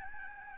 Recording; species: mosquito wingbeat signal from an infrared sensor; Aedes albopictus